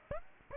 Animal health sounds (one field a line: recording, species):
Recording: mosquito wingbeat signal from an infrared sensor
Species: Aedes aegypti